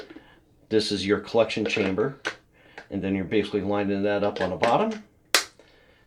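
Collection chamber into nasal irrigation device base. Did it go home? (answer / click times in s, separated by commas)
yes / 5.3 s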